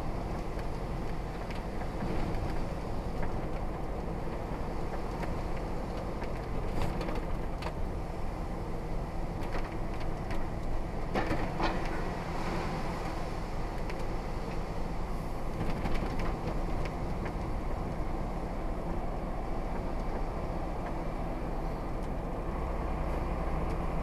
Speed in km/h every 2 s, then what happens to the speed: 34, 34, 34, 31, 29, 31, 34, 32, 35, 35, 39, 39.
0-24 steady at about 34.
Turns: none.